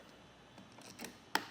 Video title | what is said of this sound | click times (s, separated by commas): etrailer - Test Fitting the Yakima SkyLine Roof Rack Kit - 2024 Subaru Crosstrek | just clicks into place. | 1.4 s